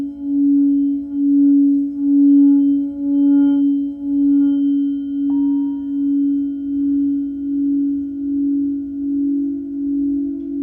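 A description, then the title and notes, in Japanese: A singing bowl hums a steady mid-low tone that swells and fades in slow, regular pulses, with faint higher overtones and a brief ping near five seconds. メキシコから シンギングボウルのサウンドヒーリング ライブ。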